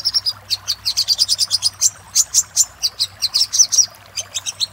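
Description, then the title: Little spiderhunter song of quick, high squeaky notes, at times crowded together, at times spaced, running almost continuously. Master recording for training cage birds; 'Labaik' given as part of the song name. "Masteran Burung Sogok Ontong Labaik"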